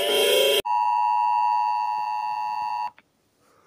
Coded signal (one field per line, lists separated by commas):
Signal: Emergency Alert System (SAME) tones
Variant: 853 and 960 Hz attention tone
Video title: African eas alarms